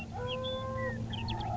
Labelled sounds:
Western Meadowlark (Sturnella neglecta)
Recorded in Sonoma County, California

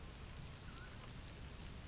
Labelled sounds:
Mountain Quail (Oreortyx pictus)
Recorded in Sonoma County, California

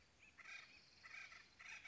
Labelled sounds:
Acorn Woodpecker (Melanerpes formicivorus)
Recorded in Sonoma County, California

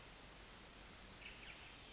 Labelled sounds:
Chestnut-backed Chickadee (Poecile rufescens)
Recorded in Sonoma County, California

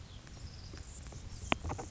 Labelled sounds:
Anna's Hummingbird (Calypte anna)
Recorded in Sonoma County, California

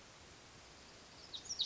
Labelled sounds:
Pacific Wren (Troglodytes pacificus)
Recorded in Sonoma County, California

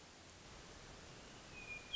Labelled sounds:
Hermit Thrush (Catharus guttatus)
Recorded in Sonoma County, California

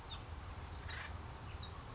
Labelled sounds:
Acorn Woodpecker (Melanerpes formicivorus)
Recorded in Sonoma County, California

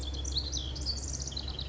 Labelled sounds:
House Wren (Troglodytes aedon)
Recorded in Sonoma County, California

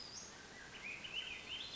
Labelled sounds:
Western Flycatcher (Empidonax difficilis)
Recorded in Sonoma County, California

